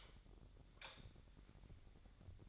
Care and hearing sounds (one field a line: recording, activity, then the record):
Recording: daily activity, microphone in the room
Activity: light off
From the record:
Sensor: 3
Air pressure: 1011.9 hPa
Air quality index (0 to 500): 232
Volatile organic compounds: 5 ppm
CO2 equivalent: 1722 ppm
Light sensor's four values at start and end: 17/43/18/18 and 15/35/15/15